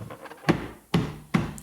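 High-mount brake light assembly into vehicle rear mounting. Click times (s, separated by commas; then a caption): 0.5 s, 0.9 s, 1.4 s. A plastic high-mount brake light assembly for a Honda Odyssey is lined up with both hands and gently snapped into its rear mounting on the vehicle. Three sharp plastic snaps are heard at 0.5, 0.9 and 1.4 seconds, and the assembly is seated in place.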